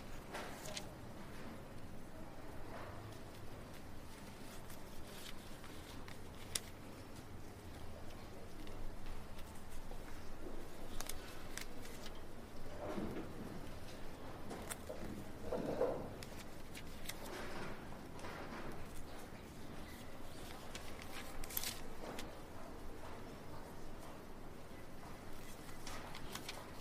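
Quiet library ambience: a low, steady murmur runs throughout with faint movement and muffled voices. Short soft knocks and rustles come every few seconds, with a sharper tap near six seconds and brighter clicks around eleven, fifteen and twenty-two seconds.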